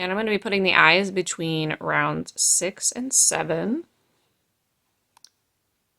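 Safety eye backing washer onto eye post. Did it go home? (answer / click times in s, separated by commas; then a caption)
yes / 5.2 s. Someone talks, then a plastic backing washer is pushed onto a safety eye post. Two short clicks are heard at 5.2 and 5.3 seconds as it clicks past the ridges and seats.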